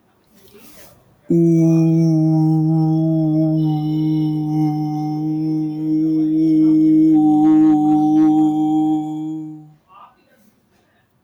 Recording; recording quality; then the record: sustained vowel as in boot; excellent, no background noise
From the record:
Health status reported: healthy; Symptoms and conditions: none ticked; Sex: male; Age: 19 years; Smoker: not ticked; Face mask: not worn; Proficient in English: yes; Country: India